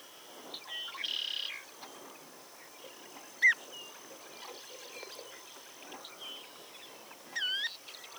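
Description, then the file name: Stilt Sandpiper calls: short, sharp downslurred notes, one near the middle and another near the end, with a brief buzzy sound early on. "Stilt Sandpiper - Calidris himantopus"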